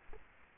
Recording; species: mosquito wingbeat signal from an infrared sensor; Aedes aegypti